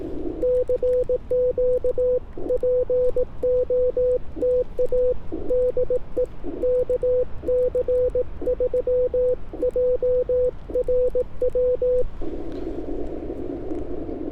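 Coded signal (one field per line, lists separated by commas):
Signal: Morse code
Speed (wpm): 18 wpm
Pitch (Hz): 500 Hz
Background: radio noise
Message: CQ POTA DE KC3JRW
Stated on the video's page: Morse at 18 wpm during a POTA CW activation from a state park, IC-705 with Ashi paddle and homebrew 49:1 inverted-vee.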